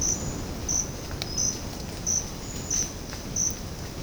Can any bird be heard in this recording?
no